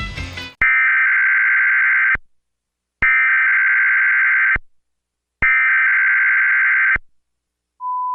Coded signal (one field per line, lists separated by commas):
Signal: Emergency Alert System (SAME) tones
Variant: header bursts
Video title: EAS Scenario:Bonzo Bunny (reuploaded+thumbnail)